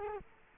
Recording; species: mosquito wingbeat signal from an infrared sensor; Culex quinquefasciatus